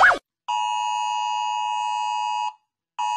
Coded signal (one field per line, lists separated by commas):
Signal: Emergency Alert System (SAME) tones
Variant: 853 and 960 Hz attention tone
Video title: rating national eas sounds by how terrifying they are because it's quality & original content